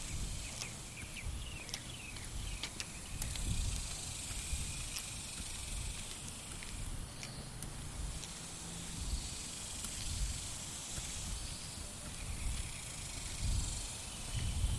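A lunchtime walk around the neighborhood, with a steady low rumble that swells and fades, like wind or passing traffic. A constant high hiss sits over it, and quick bird-like chirps break through now and then, most often in the first few seconds.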